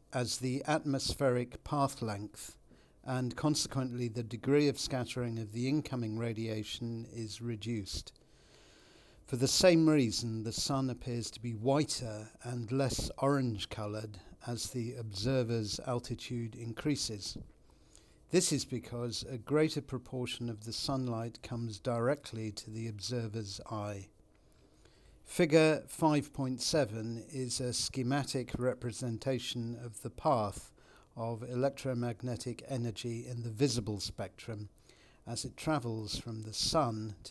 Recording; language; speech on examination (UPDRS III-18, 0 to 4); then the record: text read into a phone; English; 0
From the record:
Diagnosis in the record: Parkinson's disease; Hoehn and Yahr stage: 2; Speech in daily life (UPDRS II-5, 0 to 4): 0